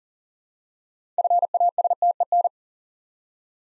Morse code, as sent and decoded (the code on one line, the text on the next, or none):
..-. .- ... - . -.
FASTEN